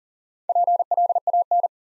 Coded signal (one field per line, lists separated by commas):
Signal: Morse code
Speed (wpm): 42 wpm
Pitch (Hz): 700 Hz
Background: none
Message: PLAN